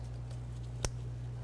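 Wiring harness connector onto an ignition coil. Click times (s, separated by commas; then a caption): 0.9 s. A wiring harness plug is pushed onto a new ignition coil on a 2004–2012 Volvo S40 until it clicks in. A single sharp click sounds at 0.9 s over a steady low hum, and the connector is confirmed seated.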